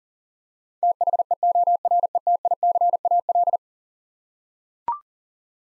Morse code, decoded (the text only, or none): THEORETICAL